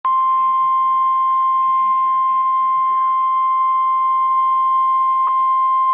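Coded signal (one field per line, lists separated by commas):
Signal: Emergency Alert System (SAME) tones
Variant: 1050 Hz attention tone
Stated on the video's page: Severe thunderstorm warning received on a weather radio.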